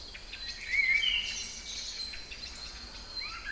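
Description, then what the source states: Songbirds singing, a clear whistled phrase early and another rising whistle at the end, over faint high chirping. Kouri Forest, Thessaloniki, Greece; recorded 22 05 12 at 18:35.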